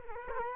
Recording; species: mosquito wingbeat signal from an infrared sensor; Culex quinquefasciatus